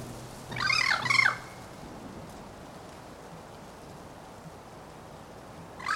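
Bird calls: two rough, harmonic notes in quick succession over steady background hiss and a low hum, with another starting at the end.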